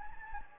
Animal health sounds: mosquito wingbeat signal from an infrared sensor; Anopheles gambiae

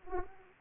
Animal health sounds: mosquito wingbeat signal from an infrared sensor; Aedes aegypti

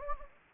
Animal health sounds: mosquito wingbeat signal from an infrared sensor; Anopheles gambiae

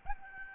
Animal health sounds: mosquito wingbeat signal from an infrared sensor; Aedes albopictus

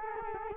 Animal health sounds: mosquito wingbeat signal from an infrared sensor; Culex quinquefasciatus

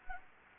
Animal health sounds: mosquito wingbeat signal from an infrared sensor; Anopheles gambiae

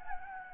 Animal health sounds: mosquito wingbeat signal from an infrared sensor; Anopheles gambiae

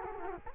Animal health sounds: mosquito wingbeat signal from an infrared sensor; Culex quinquefasciatus

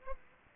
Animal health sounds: mosquito wingbeat signal from an infrared sensor; Aedes aegypti

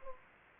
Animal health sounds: mosquito wingbeat signal from an infrared sensor; Anopheles gambiae

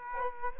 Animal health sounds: mosquito wingbeat signal from an infrared sensor; Culex quinquefasciatus

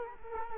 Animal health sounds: mosquito wingbeat signal from an infrared sensor; Culex quinquefasciatus

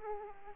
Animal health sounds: mosquito wingbeat signal from an infrared sensor; Aedes aegypti

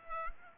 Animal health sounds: mosquito wingbeat signal from an infrared sensor; Culex pipiens

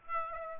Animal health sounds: mosquito wingbeat signal from an infrared sensor; Aedes aegypti

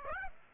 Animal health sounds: mosquito wingbeat signal from an infrared sensor; Aedes aegypti

